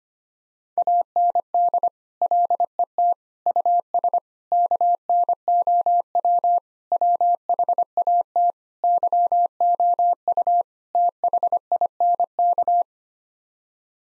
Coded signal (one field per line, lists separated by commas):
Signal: Morse code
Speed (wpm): 25 wpm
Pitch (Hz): 700 Hz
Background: none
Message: AND LET US KNOW WHAT YOU THINK